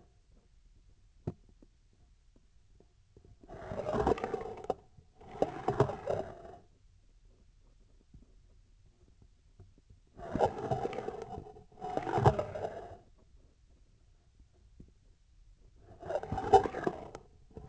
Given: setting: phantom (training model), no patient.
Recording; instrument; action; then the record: laparoscopic instrument, vibration sensor on the handle end; scissors; approaching and retracting movements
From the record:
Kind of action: spatial motion